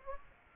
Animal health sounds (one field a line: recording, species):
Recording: mosquito wingbeat signal from an infrared sensor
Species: Aedes aegypti